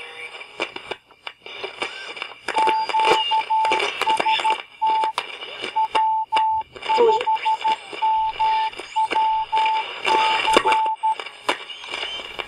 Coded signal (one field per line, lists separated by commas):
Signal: Morse code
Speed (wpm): 13 wpm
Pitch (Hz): 880 Hz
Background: radio noise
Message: QST W5MWC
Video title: Outdoor Warning Device Training Video